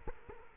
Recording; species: mosquito wingbeat signal from an infrared sensor; Culex quinquefasciatus